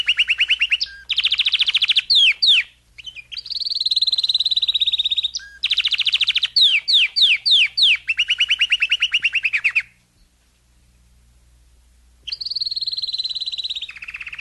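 Domestic canary song: rolling trills and repeated downward sweeps in quick succession, a two-second silence, then another trill starts.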